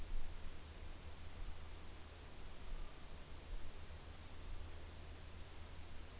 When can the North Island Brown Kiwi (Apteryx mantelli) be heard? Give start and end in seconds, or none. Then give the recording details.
none. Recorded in New Zealand on 6 June 2014. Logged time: 02:19